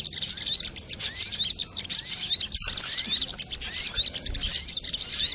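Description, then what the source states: Little spiderhunter song, a dense run of very high, thin twittering and sharp whistled notes in quick bursts, with brief pauses between phrases. Masteran training recording, labelled Labaik.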